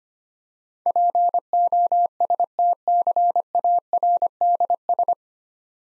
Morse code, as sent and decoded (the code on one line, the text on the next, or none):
.--. --- ... - -.-. .- .-. -.. ...
POSTCARDS